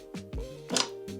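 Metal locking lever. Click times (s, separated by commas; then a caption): 0.8 s. The metal locking lever on the folding stem of a KOWOEE E10 Pro Max electric scooter is pushed closed after the stem is pulled upright, locking the stem before the handlebar is fitted. A thud is heard at about 0.3 s, then a sharp click at 0.8 s as the lever seats in its locked position, over a steady background hum. The stem is then tugged to check that it does not come off.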